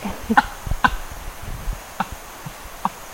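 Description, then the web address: Baboon grunting calls, a few short low grunts spaced irregularly over three seconds, with faint low background rumble. "baboons"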